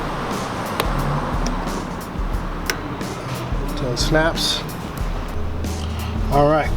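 The throttle valve (TV) cable is fed through and fitted into its metal bracket on an AOD transmission being installed in a Foxbody Mustang, with an 11/16 wrench turned, and it snaps into place with a sharp click at 0.8 s. Two more short hits follow around 1.5 s and 2.7 s over a steady low hum, and someone talks near the end.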